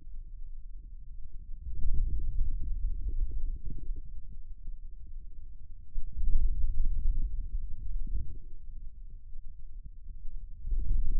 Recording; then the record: forearm muscle sounds (acoustic myography)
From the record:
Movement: finger pinch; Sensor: system 2, bracelet of six BSWA MPA416 microphones around the upper forearm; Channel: 6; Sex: male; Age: 22 years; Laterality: right